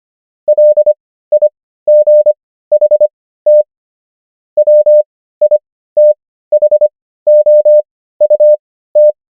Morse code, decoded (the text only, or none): LIGHT WITHOUT